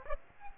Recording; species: mosquito wingbeat signal from an infrared sensor; Aedes aegypti